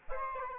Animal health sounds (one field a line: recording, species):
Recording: mosquito wingbeat signal from an infrared sensor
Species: Aedes albopictus